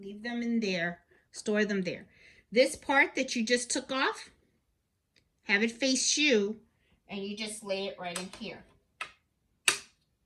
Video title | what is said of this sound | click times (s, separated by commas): Rolled Hem Comparison: Brother 1034DX Serger vs Brother SE1900 - Look & Method Differences | There you go. Snaps right in there. See? | 9.7 s